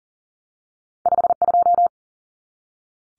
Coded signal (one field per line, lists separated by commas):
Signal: Morse code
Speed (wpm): 40 wpm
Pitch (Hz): 700 Hz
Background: none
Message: 52